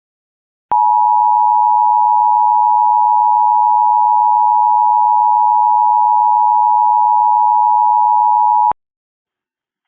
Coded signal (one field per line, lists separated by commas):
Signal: Emergency Alert System (SAME) tones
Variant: 853 and 960 Hz attention tone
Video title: EAS Georgia AMBER Alert